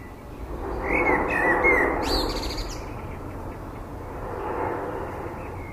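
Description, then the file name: Common blackbird singing a short mellow fluted phrase that breaks into a sharp, high twittering squeak, over a low rumbling background noise. "Turdus merula"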